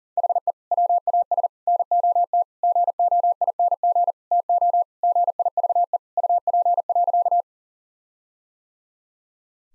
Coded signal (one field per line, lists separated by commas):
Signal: Morse code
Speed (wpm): 37 wpm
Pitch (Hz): 700 Hz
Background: none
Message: HE WAS NOT GOING TO GIVE UP.